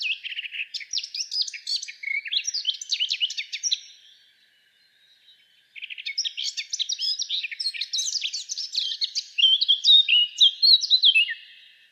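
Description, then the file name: Eurasian blackcap delivering busy warbling phrases of rapid chattering notes, a short pause, then another longer phrase that grows louder towards its end. "Sylvia atricapilla"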